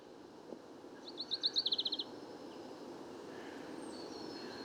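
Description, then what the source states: Common chaffinch giving a brief, fast series of about ten repeated notes, set against steady background hiss with a faint high call afterward. Bois de Vincennes, 16 February 2019; first chaffinch song recorded that year, amid fine weather; muddled, weaker, babbling courtship song for females nearby; Nagra Seven, Wiltronic parabola, mono.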